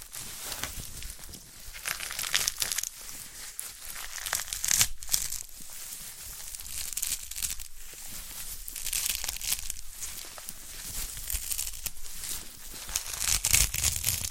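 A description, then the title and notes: Handling a sprouted coconut: a steady run of dry crinkling, scratching and tearing sounds that fills the whole fourteen seconds. The noises are bright and crackly, arriving in dense, irregular bursts with brief sharper snaps, and the loudness stays fairly even throughout. ASMR of a Sprouted Coconut (No Talking).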